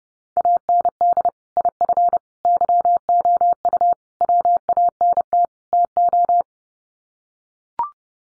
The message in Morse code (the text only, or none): AND IF YOU WANT TO